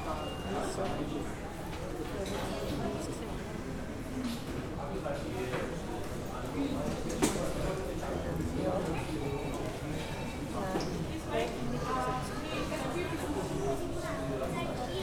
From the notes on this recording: Vienna Airport Boarding, ambient environmental noise